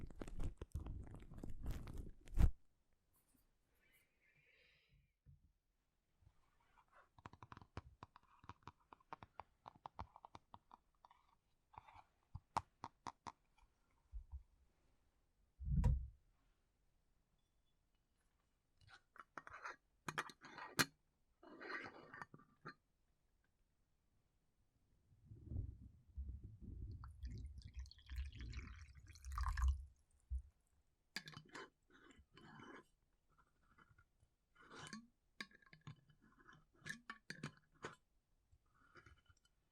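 Sounds from a hair salon session: bursts of brushing and rustling through hair, with soft crisp snips and scratchy strokes scattered throughout. Low muffled thumps and handling noises come near the start, around sixteen seconds, and again between twenty-five and thirty seconds.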